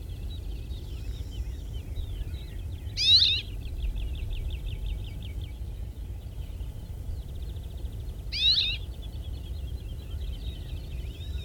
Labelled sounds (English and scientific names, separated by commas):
Cirl Bunting (Emberiza cirlus) call